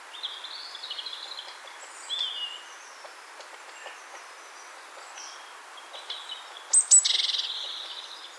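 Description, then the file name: Great tit call near the end: two thin high notes, then a harsh buzzy churr, after several seconds of faint scattered chirping. "Parus major"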